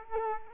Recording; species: mosquito wingbeat signal from an infrared sensor; Culex quinquefasciatus